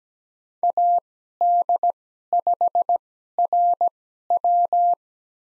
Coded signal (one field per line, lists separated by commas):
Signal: Morse code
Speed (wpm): 17 wpm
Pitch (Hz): 700 Hz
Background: none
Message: AD5RW